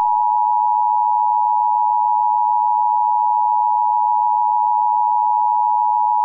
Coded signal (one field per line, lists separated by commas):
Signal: Emergency Alert System (SAME) tones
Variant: 853 and 960 Hz attention tone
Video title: EAS scenario - Jupiter Collision